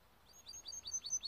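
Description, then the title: Canary singing a quick run of bright downslurred notes, capped by thin high whistles, growing louder toward the end. Timbrado canary singing, used for song training. "Canary Bird Singing - Timbrado training video"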